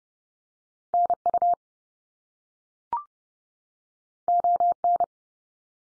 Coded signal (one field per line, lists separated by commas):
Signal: Morse code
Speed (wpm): 30 wpm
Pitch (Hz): 700 Hz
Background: none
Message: NU ON